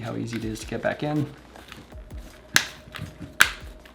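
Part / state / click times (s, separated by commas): face foam cushion with plastic clips into FPV goggles frame / seated / 2.6 s, 3.4 s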